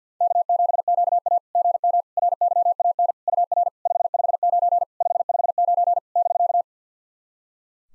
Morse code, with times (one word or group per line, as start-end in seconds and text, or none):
0.2-1.4 K7QA
1.6-2.0 GM
2.2-3.1 RYAN
3.3-3.7 UR
3.9-4.8 559
5.0-6.0 559
6.2-6.6 <BK>